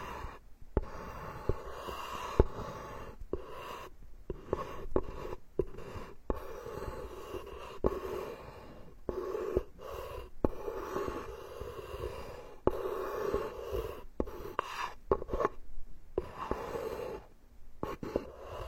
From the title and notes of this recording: Come to the carpenter's workshop, all kinds of wood massage the scalp layer by layer for ultimate relaxation.